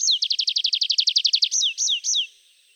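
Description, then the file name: Tree pipit singing a fast series of sharp down-slurred chips, closing with three slower, fuller slurred notes. "Pipit des arbres"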